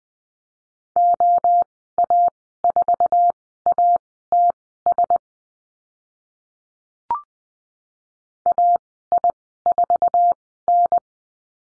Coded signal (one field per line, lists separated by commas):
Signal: Morse code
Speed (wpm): 20 wpm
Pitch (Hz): 700 Hz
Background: none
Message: OA4ATS AI4N